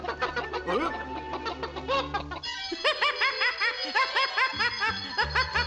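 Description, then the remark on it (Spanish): Several chickens cluck at once, a busy overlapping chorus of short, bright, bobbing calls that keeps up steadily and grows fuller and louder after a brief shift midway. “¿los caballeros de la mesa redonda se convirtieron en gallinas?”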